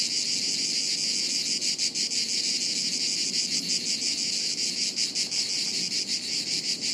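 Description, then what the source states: Chorus of cicadas, a sustained high rasping buzz with uneven pulsing. Chorus of cicadas high in the trees, woods near Sirolo, Italy, hot afternoon, August 23.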